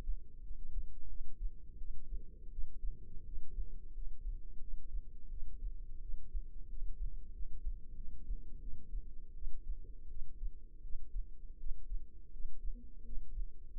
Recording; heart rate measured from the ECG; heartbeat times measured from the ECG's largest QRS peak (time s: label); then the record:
heart sounds by microphone in the left ear; 86 bpm
0.41 s: heartbeat
1.08 s: heartbeat
1.77 s: heartbeat
2.50 s: heartbeat
3.24 s: heartbeat
3.93 s: heartbeat
4.60 s: heartbeat
5.29 s: heartbeat
6.01 s: heartbeat
6.68 s: heartbeat
7.32 s: heartbeat
7.95 s: heartbeat
8.60 s: heartbeat
9.34 s: heartbeat
10.08 s: heartbeat
10.82 s: heartbeat
11.58 s: heartbeat
12.31 s: heartbeat
13.04 s: heartbeat
13.71 s: heartbeat
From the record:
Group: healthy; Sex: female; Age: 22 years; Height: 161 cm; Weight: 65.5 kg